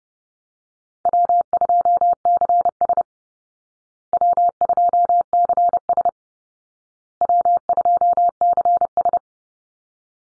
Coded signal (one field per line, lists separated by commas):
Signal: Morse code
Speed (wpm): 30 wpm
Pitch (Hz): 700 Hz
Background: none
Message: W2CS W2CS W2CS